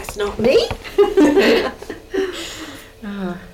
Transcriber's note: laughs